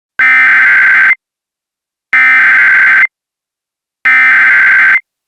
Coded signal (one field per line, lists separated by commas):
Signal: Emergency Alert System (SAME) tones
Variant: header bursts